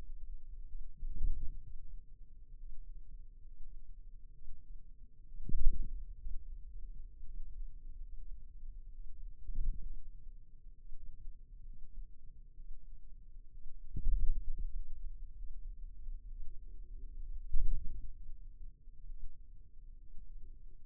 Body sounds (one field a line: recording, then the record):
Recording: forearm muscle sounds (acoustic myography)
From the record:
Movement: radial deviation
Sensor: system 2, bracelet of six BSWA MPA416 microphones around the upper forearm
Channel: 6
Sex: male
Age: 22 years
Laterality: right